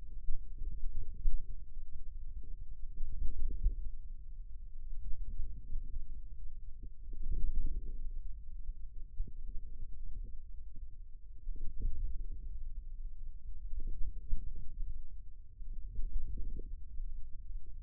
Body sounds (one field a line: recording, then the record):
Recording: forearm muscle sounds (acoustic myography)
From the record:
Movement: ulnar deviation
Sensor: system 2, bracelet of six BSWA MPA416 microphones around the upper forearm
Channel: 2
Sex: male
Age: 22 years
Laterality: right